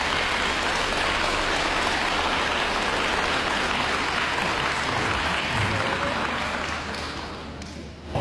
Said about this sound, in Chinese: 掌声送给他们。